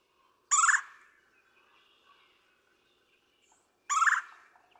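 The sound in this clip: Red-bellied woodpecker calling twice, each a harsh rolling churr lasting a fraction of a second, separated by a quiet gap with faint sounds.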